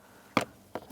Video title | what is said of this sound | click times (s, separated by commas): How to Replace Ignition Starter Switch 2012-2017 Hyundai Accent | you can turn your key back and that'll lock it in. | 0.4 s